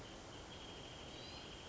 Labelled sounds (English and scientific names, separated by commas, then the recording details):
Wrentit (Chamaea fasciata)
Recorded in Sonoma County, California